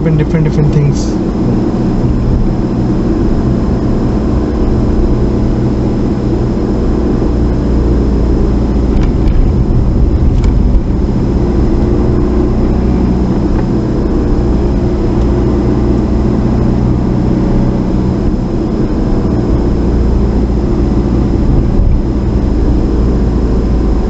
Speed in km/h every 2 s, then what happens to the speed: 29, 29, 29, 27, 27, 29, 27, 29, 29, 27, 29, 26.
0-24 steady at about 29.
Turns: none.